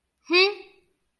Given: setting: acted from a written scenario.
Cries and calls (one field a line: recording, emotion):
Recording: vocal sound without words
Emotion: neutral